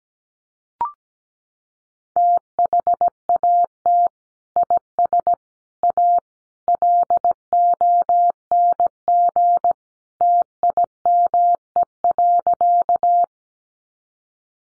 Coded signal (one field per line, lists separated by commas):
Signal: Morse code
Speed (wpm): 17 wpm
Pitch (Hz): 700 Hz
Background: none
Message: THAT IS A LONG TIME.